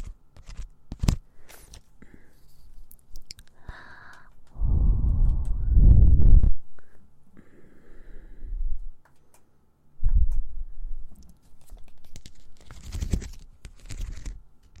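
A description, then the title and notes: ASMR mouth sounds and ear cleaning, with scattered wet clicks and pops alongside soft rubbing. A louder, denser rustling stretch runs from about 4.5 to 6.5 seconds, then quieter brushing and crackling bursts return around 8, 10 and 13 seconds. ASMR Mouth Sounds Ear Cleaning.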